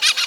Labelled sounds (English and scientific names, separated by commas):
Brown-throated Parakeet (Eupsittula pertinax) contact call